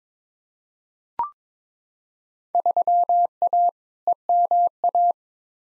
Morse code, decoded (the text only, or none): 3A EMA